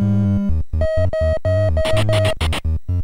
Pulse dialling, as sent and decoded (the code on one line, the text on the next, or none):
none